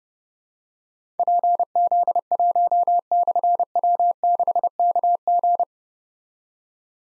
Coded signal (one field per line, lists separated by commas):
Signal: Morse code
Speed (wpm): 30 wpm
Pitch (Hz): 700 Hz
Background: none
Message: PZ1/W6KG